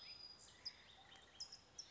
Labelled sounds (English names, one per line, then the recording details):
California Towhee
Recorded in Sonoma County, California